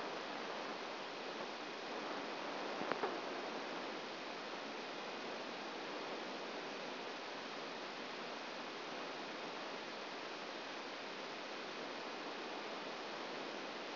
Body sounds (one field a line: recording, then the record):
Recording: brain microelectrode recording played as sound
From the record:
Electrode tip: outside the subthalamic nucleus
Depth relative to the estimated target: 3 mm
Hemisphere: left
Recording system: AlphaMap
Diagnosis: Parkinson's disease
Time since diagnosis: 9 years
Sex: female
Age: 40 years